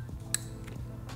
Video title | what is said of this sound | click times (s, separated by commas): How to Install Honda Grom Rear Signal Y-Splitter on 2022+ Honda Grom by TST Industries | once you hear that click it is locked in place and the Locking Tabs are engaged | 0.3 s